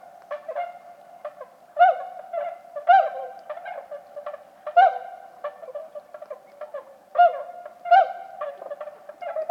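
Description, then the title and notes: Bewick's swan calls, loud clear honks in bursts every second or two, each with ringing harmonics, above a soft continuous chatter of the flock. About forty birds at a night roost, Lac du Der, Champagne, France, 6 January 2019, after 2 a.m., fog and drizzle; sentinels call at any disturbance on the shore; recorded with MKH20 pair, Nagra Seven. "Lac du DER. Cygnes de Bewick (Cygnus bewicki)"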